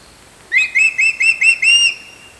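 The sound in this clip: Crested hawk-eagle giving a quick series of six piercing whistles, each note sliding upward and levelling off, the final whistle drawn out longest.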